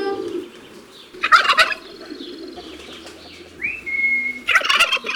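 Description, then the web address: Turkey gobbling twice, rapid throaty bursts about three seconds apart, with a clear whistled note rising then held between them over faint background noise. On a farm. "Le dindon. un jour a la ferme"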